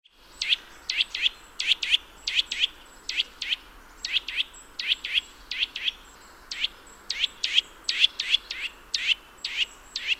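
Eurasian nuthatch uttering short sharp notes in quick pairs and clusters, a busy irregular series of high chips over faint background hiss.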